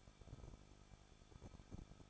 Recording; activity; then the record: daily activity, microphone in the room; no activity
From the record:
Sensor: 5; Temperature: 20.9 degrees Celsius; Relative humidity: 38.2%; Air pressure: 1006.4 hPa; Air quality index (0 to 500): 187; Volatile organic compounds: 18 ppm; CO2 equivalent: 2622 ppm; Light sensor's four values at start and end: 2/3/1/1 and 2/3/1/1